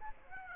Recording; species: mosquito wingbeat signal from an infrared sensor; Aedes aegypti